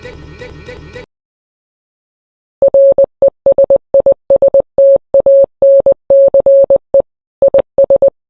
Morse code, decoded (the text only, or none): RESISTANCE IS